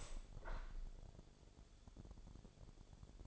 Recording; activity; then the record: daily activity, microphone in the room; open window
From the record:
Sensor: 5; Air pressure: 1000.7 hPa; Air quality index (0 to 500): 150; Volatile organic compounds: 2 ppm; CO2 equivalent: 1148 ppm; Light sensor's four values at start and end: 41/96/40/44 and 41/96/40/44